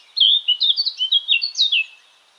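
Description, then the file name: Eurasian blackcap delivering one loud, brief phrase of pure, flutey whistles that slide up and down, ending abruptly. "Sylvia atricapilla"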